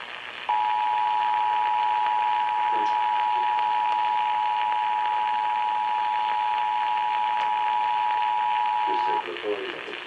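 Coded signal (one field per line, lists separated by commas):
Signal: Emergency Alert System (SAME) tones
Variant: 853 and 960 Hz attention tone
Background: speech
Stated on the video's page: Required monthly test.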